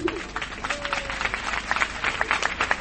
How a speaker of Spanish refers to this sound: Lo primero de todo, daros gracias a todos y a todas por estar aquí y gracias a las comisiones de infraestructura que, bueno, y a las demás que llevan toda la semana currando y eso se merece un aplauso por lo menos.